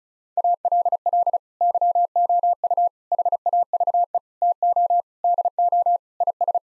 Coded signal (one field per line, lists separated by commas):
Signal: Morse code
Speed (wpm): 34 wpm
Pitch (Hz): 700 Hz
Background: none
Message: ALL YOU HAVE TO DO IS